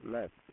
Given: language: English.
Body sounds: throat vibration sensor signal played as sound; speech

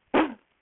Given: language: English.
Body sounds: throat vibration sensor signal played as sound; cough

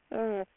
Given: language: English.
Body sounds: throat vibration sensor signal played as sound; speech

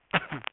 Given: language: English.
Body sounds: throat vibration sensor signal played as sound; cough

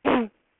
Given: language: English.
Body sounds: throat vibration sensor signal played as sound; throat clearing

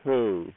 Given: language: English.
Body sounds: throat vibration sensor signal played as sound; speech

